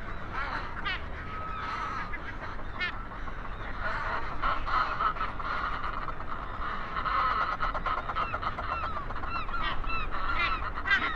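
Northern fulmar calls: a dense, continuous mass of harsh, wavering calls with quick repeated notes over a low background rumble.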